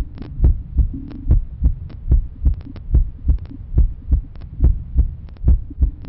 Daily life normal heartbeat sound effect.